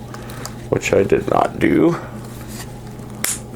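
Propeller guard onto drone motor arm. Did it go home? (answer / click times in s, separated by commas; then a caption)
yes / 3.2 s. A plastic PGYTECH remote-operated, color-changing LED propeller guard is pressed onto the motor arm of a folding DJI Mavic Pro drone while someone talks. A sharp click at 3.2 s shows the guard has clipped on and is seated.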